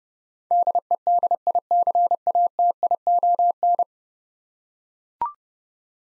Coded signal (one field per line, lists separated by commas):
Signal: Morse code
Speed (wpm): 29 wpm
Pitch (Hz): 700 Hz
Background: none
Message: DEDICATION